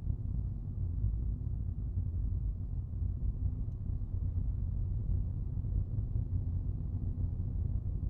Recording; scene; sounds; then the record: everyday scene through a hearing-aid microphone; in a vehicle; engine, rumble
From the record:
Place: Skoda Fabia, gasoline engine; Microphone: in the ear canal, right